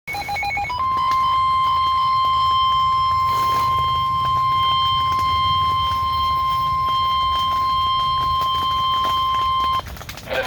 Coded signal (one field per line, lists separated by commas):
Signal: Emergency Alert System (SAME) tones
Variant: 1050 Hz attention tone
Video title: EAS #34 Severe Thunderstorm Warning Issued on WXM51 | July 20th, 2024